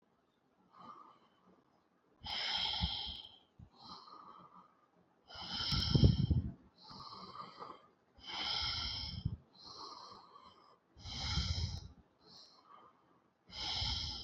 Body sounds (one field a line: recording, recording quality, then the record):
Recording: deep breathing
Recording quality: excellent, no background noise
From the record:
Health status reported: healthy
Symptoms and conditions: cough, cold, fever, muscle pain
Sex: male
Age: 34 years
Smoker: no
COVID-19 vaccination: both doses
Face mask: not worn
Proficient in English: yes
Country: India